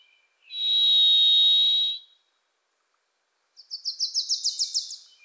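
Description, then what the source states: Varied thrush song, a single drawn-out whistled tone held steady for about one and a half seconds, followed after a pause by a fast, rising chattering series from another bird. Pacific Northwest forest; a Wilson's Warbler sings alongside; unmastered recording.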